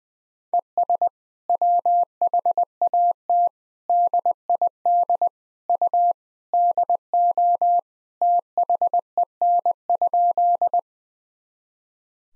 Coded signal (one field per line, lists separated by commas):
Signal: Morse code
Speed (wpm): 20 wpm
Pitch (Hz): 700 Hz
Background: none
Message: ES WHAT DID U DO THEN?